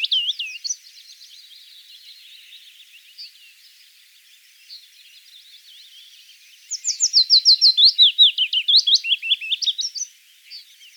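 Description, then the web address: Willow warbler song: a brief opening burst, then after a pause a sweet, descending cascade of slurred whistled notes lasting about three seconds, with faint bird chatter between phrases. "vogelstimmen fitis gesang nabu lars lachmann"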